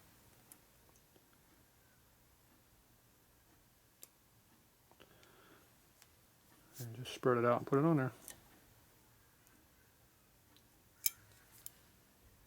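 A small snap ring is spread with small snap ring pliers and worked onto a shaft in a 1970-84 Revtech 4-speed ratchet-top Harley shovelhead (74"/80") transmission during a rebuild, heading for its groove. Faint, sharp metallic ticks come through a quiet background while someone talks briefly in the middle. Nothing has seated or popped into the groove yet.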